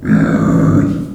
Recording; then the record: squeal of a Yucatan mini pig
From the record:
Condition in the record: after surgery on the right vocal fold (resection and tissue-engineered implant); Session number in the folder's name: 5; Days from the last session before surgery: 33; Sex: female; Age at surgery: 19 weeks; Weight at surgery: 25 kg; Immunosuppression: prednisolone